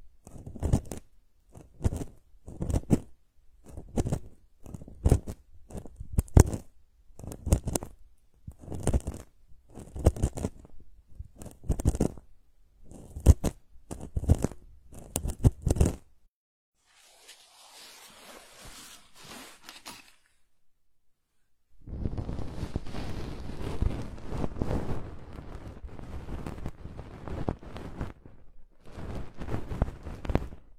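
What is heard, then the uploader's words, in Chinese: Ear cleaning: a rapid series of sharp scratchy strokes, roughly two per second, runs for the first sixteen seconds. A quieter, faint rustle follows, then a pause, and from about 22 seconds a dense, continuous rubbing and crackling sound until the end. 掏耳朵。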